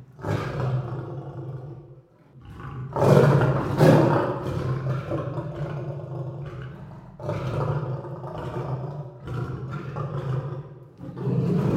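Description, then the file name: Lion roaring: deep, rough roars swelling and fading in long waves, with a short gap near two seconds. Several lions recorded in a zoo. "lions in the zoo"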